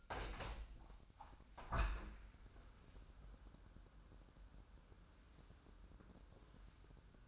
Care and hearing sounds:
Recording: daily activity, microphone in the room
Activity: open window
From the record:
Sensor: 2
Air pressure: 997.8 hPa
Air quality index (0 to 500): 138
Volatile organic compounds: 4 ppm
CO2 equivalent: 1550 ppm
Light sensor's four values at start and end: 11/31/12/12 and 11/31/12/12

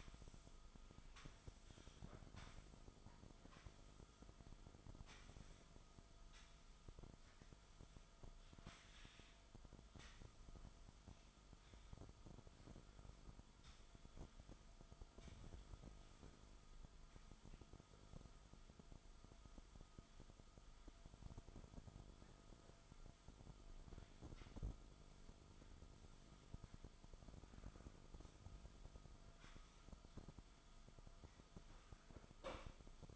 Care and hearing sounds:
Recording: daily activity, microphone in the room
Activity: sweep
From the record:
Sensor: 5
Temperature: 24.0 degrees Celsius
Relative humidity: 36.6%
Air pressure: 1004.8 hPa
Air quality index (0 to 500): 95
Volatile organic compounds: 2 ppm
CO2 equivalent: 1146 ppm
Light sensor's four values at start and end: 33/77/31/29 and 34/78/31/30

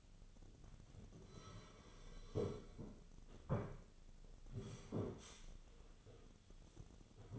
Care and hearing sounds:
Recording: daily activity, microphone in the room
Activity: sit down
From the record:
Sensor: 4

